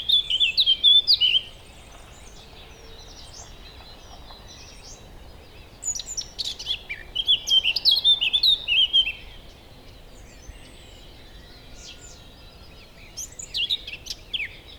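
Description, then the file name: Eurasian blackcap singing three short bursts of quick, high warbling with clear whistled notes, separated by several seconds of quiet. "Sylvia atricapilla"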